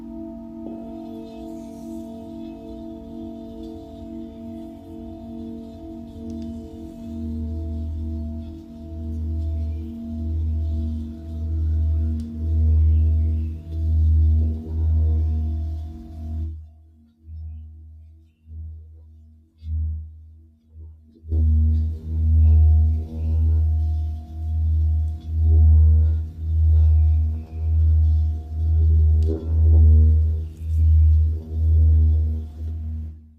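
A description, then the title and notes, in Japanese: A singing bowl rings with a low, steady hum and layered overtones, its tone swelling and fading in regular slow pulses about once a second. Around sixteen seconds the sound thins and nearly drops out, then returns strongly near twenty-one seconds and keeps pulsing to the end. メキシコから シンギングボウルのサウンドヒーリング。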